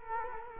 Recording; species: mosquito wingbeat signal from an infrared sensor; Culex quinquefasciatus